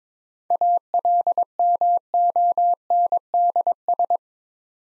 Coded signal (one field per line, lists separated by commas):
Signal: Morse code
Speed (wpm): 22 wpm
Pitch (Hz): 700 Hz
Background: none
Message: ALMONDS